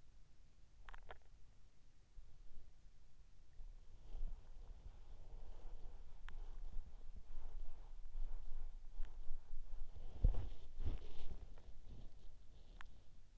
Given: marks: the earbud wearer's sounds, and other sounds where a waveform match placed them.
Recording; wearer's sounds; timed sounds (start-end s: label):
sounds in sleep by an in-ear microphone; swallowing, body movement
0.00-1.68 s: swallowing
3.76-13.38 s: body movement